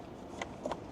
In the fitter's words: lock into place like so.